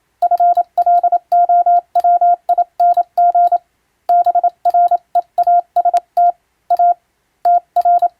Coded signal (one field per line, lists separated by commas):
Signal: Morse code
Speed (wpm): 27 wpm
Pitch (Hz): 700 Hz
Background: none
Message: FLOWING BREAST A TR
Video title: 【船舶通信士】懐かしい船舶通信士が打つ欧文無線電報！無線通信士の国家試験の練習です。今でもモールスの実技試験があります。アマチュア無線の受信トレーニングにどうぞ morse code practice